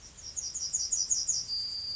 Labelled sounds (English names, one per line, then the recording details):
Yellowhammer song
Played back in grassland
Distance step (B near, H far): D
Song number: 042